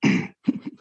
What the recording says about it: Active police officer. Coping with Tourettes syndrome. It's Tourette syndrome. This is my normal.